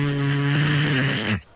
She snored like this. Had one of them old women snores. Oh, it was awful. Nasty.